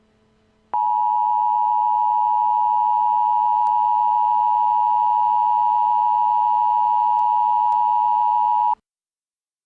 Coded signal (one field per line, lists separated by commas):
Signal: Emergency Alert System (SAME) tones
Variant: 853 and 960 Hz attention tone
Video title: [EAS SCENARIO] Nature's Revenge (Part 3)